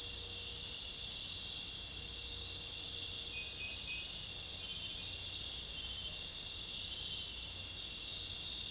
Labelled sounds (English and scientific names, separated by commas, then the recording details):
none
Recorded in secondary vegetation near Puerto Asís, Putumayo, Colombia, on 26 December 2024 at 21:00
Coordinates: 0.484, -76.319
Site GP06